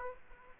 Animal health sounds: mosquito wingbeat signal from an infrared sensor; Aedes aegypti

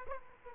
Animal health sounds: mosquito wingbeat signal from an infrared sensor; Aedes aegypti

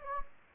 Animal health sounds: mosquito wingbeat signal from an infrared sensor; Anopheles gambiae

